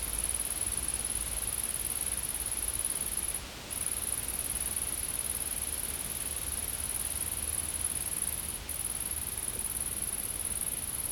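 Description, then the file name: Insect buzzing, a sustained high, thin trill broken by two brief pauses, accompanied by constant hiss and deep rumble. Insects in a field. "Insects In The Field"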